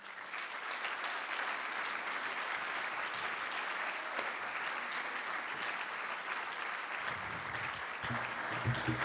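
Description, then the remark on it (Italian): A theatre audience applauds steadily to welcome a music group onto the stage, a dense wash of many hands clapping without pause; near the end, faint voices or other sounds rise beneath the clapping. “accogliamoli con un grande applauso.”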